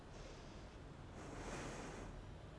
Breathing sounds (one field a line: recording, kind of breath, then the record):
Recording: one breath in and out by a microphone near the nose and mouth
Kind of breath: normal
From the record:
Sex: female